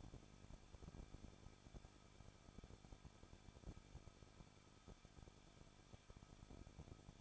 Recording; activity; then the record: daily activity, microphone in the room; no activity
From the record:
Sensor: 5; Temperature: 20.8 degrees Celsius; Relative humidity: 38.2%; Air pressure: 1006.6 hPa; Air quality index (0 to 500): 186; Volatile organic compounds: 18 ppm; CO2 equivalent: 2611 ppm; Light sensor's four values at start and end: 2/3/1/1 and 2/3/1/1